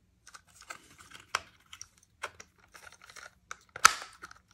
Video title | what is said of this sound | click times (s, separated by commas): Tune Up Tuesday - Bachman GP40 CP Rail - TOO LOUD! | nice big solid click | 3.9 s